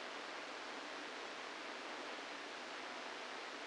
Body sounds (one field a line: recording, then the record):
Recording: brain microelectrode recording played as sound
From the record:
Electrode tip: inside the subthalamic nucleus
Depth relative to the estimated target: 0 mm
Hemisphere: left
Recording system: NeuroSet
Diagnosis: Parkinson's disease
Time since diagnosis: 8 years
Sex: male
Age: 65 years